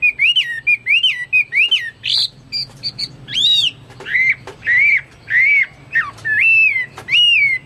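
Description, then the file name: Chinese hwamei song of clear, arched whistles, each rising then falling, delivered at a steady pace with a few sharper high notes mixed in. "omkicau hwamei"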